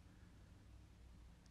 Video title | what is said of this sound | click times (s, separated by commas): The Rigid Paediatric Bronchoscope - ENT Academy | is then passed into the slot clicked into place | 1.5 s